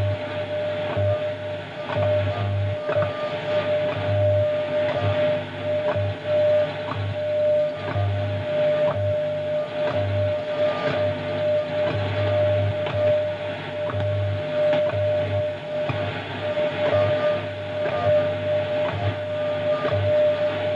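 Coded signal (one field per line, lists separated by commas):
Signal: radio time signal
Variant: WWVH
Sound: steady mid tone with faint ticks each second, brief gaps, under noisy static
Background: radio static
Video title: National Institute of Standards and Technology Time WWVH Hawaii 15 Mhz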